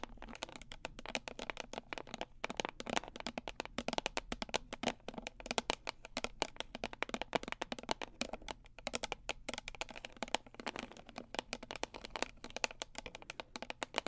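Dark, relaxing tapping fills the whole stretch: quick, dense taps and clicks land several times a second in an uneven but steady flow, each one sharp and bright. Underneath runs a faint low hum that stays constant throughout.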